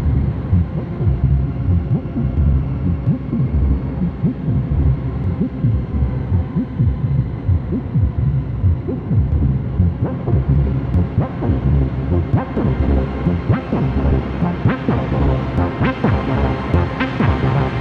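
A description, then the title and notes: A synthesised soundscape of dense, throbbing low rumble with pulsing beats, brightening after ten seconds as sharp clicks and hissy upper textures grow more frequent. A synthesised soundscape.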